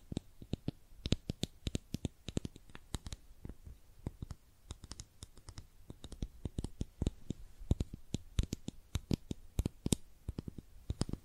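Makeup being tapped and scratched, a steady stream of sharp, bright clicks and taps spread across the whole eleven seconds. The hits come quickly and irregularly, sometimes in tight clusters, with a soft scratchy rustle filling the gaps between them.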